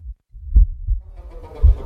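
Deep, soft thumps come at a slow, even pace, with a faint hiss rising behind them toward the end. These are normal heart sounds of a healthy adult, slow as in a trained person's heart.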